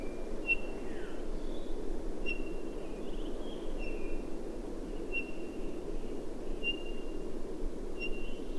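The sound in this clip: Townsend's solitaire giving a single clear, level whistled note about every one and a half seconds, steady and repeated, over a persistent low rumble.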